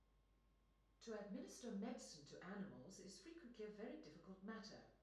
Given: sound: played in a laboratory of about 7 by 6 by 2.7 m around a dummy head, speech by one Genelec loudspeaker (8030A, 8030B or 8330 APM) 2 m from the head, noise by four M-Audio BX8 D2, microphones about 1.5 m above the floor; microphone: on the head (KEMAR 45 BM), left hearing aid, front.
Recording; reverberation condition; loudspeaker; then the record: female speech in English; medium; 90 degrees to the right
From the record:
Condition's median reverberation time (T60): about 510 ms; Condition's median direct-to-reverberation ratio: about -0.5 dB